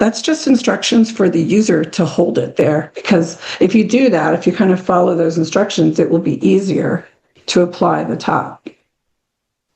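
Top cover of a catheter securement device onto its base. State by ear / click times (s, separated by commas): not seated / none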